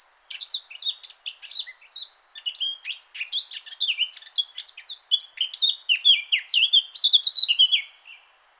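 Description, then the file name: Eurasian blackcap song: a continuous, rapid, scratchy warble of varied high chirps and trills, with a brief pause near the middle, then a final stretch of brighter notes. "Sylvia atricapilla"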